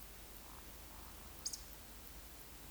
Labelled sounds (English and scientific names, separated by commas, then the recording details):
Eurasian Woodcock (Scolopax rusticola) whistle, Eurasian Woodcock (Scolopax rusticola) croak
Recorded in Baden-Württemberg, Germany, on 9 May 2021 at 19:43 UTC
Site 23718, 552 m above sea level